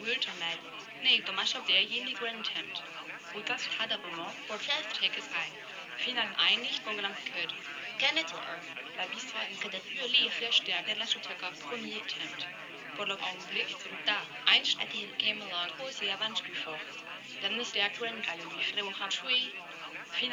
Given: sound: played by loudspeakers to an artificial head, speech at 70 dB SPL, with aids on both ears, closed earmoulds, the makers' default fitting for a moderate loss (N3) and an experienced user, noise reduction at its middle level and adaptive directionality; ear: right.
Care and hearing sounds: speech test signal (ISTS) in cocktail-party noise; +3 dB; in front (0 degrees)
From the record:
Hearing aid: class 1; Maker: G

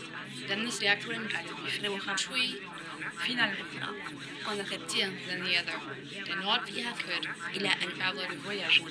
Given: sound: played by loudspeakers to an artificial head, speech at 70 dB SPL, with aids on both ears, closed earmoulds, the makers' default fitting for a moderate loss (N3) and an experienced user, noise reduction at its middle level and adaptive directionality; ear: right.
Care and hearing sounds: speech test signal (ISTS) in cocktail-party noise; -3 dB; on the right (90 degrees)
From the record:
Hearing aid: class 1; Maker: E

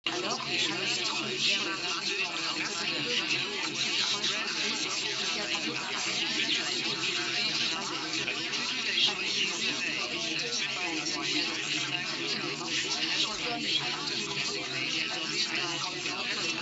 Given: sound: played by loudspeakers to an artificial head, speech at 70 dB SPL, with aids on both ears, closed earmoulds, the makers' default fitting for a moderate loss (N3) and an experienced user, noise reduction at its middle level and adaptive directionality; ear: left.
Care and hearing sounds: speech test signal (ISTS) in cocktail-party noise; -6 dB; on the right (90 degrees)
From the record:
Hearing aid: class 1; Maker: A

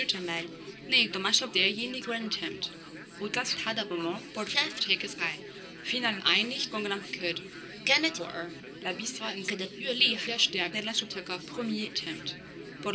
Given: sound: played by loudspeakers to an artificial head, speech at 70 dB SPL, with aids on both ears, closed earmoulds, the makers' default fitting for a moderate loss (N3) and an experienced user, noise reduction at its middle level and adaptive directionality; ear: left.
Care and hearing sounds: speech test signal (ISTS) in cocktail-party noise; +3 dB; in front (0 degrees)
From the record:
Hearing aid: class 2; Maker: B

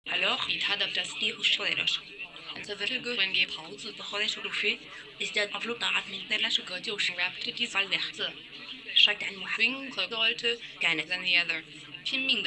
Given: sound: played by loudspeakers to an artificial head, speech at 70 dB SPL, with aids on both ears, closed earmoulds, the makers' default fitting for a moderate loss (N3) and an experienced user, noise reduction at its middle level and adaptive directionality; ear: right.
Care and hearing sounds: speech test signal (ISTS) in cocktail-party noise; +9 dB; in front (0 degrees)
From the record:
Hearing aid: class 1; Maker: C

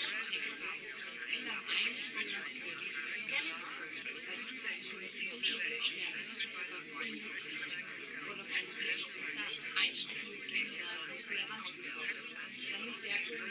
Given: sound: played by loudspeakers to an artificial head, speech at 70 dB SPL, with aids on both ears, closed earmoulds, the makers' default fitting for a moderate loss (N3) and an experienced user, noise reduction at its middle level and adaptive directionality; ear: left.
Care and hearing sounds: speech test signal (ISTS) in cocktail-party noise; -6 dB; on the right (90 degrees)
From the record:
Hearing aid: class 2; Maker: H

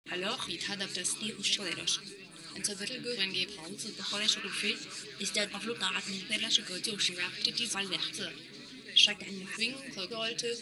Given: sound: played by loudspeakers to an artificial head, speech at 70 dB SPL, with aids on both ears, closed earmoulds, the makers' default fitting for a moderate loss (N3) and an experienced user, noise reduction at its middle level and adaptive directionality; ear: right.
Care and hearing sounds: speech test signal (ISTS) in cocktail-party noise; +3 dB; on the right (90 degrees)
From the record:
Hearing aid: class 2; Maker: J

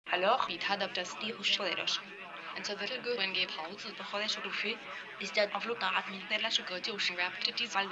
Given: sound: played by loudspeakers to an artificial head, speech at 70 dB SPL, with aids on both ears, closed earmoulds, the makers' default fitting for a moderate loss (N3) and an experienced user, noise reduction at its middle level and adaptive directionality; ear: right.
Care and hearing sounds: speech test signal (ISTS) in cocktail-party noise; +3 dB; on the right (90 degrees)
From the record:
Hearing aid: class 1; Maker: F

